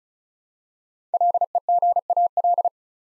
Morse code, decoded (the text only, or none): LEGAL